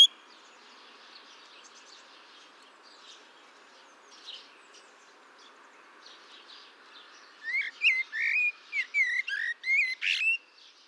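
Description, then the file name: Common blackbird: after several quiet seconds of twittering, a Common blackbird breaks into a series of loud, fluty whistled phrases with squeaky high notes. "Turdus merula"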